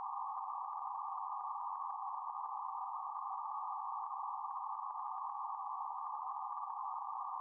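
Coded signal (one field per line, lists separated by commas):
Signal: PSK31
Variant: BPSK31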